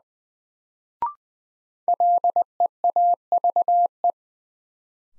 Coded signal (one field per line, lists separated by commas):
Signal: Morse code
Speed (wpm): 20 wpm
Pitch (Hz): 700 Hz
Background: none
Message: LEAVE